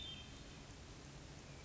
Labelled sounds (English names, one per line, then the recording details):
Hermit Thrush
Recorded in Sonoma County, California